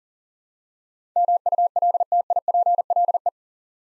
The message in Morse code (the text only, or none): MULTIPLE